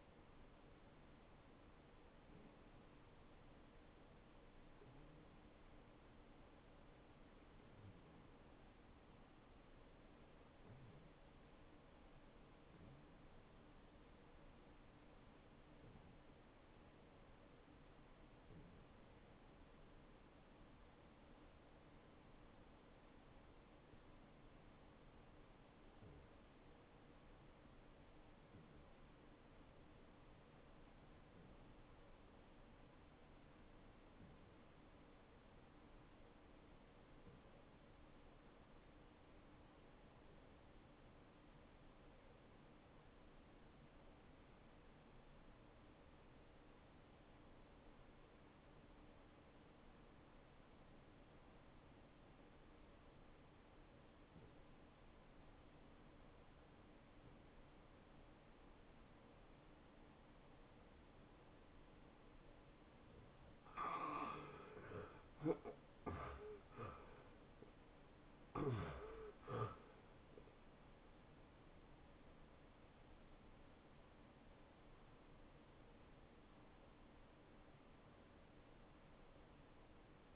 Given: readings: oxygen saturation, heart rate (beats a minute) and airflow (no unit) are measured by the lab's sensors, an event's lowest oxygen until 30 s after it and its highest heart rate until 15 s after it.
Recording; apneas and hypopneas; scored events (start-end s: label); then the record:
breathing in sleep by a voice recorder at the bedside; 1
5.00-62.10 s: obstructive apnea (REM, oxygen 98% highest, then 71% lowest, heart rate 78 at the start, 89 highest)
From the record:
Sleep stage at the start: REM sleep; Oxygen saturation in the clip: 75 to 98%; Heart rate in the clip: 69 to 89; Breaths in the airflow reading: 5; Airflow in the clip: -11.9 to 7.6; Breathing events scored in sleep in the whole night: 263 in 5.5 hours asleep